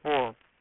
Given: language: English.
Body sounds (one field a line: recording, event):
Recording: throat vibration sensor signal played as sound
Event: speech